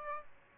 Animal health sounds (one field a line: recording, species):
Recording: mosquito wingbeat signal from an infrared sensor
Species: Aedes albopictus